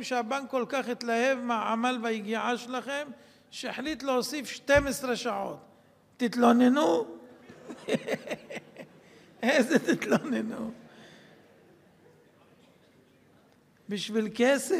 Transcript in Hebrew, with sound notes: 'שהבנק כל כך התלהב מהעמל והגיעה שלכם, שהחליט: 'להוסיף שתים עשרה שעות!' - תתלוננו? [צחוק] איזה תתלוננו... בשביל כסף...